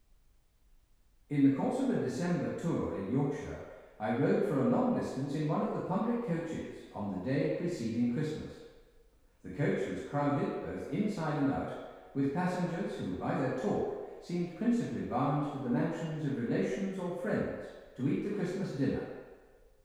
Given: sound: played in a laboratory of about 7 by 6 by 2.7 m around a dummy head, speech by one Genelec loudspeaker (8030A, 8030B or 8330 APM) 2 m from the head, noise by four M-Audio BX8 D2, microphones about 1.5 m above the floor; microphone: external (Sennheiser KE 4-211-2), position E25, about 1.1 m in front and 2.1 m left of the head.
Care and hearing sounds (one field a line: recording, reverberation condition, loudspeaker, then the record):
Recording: male speech in English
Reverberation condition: high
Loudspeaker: 30 degrees to the left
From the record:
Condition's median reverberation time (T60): about 1300 ms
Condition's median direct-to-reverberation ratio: about -4.0 dB